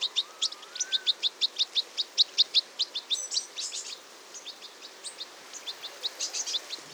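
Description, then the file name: European goldfinch calls, a fast series of bright, tinkling twittering notes repeated over a few seconds, with a faint low whistle early on. "Carduelis carduelis"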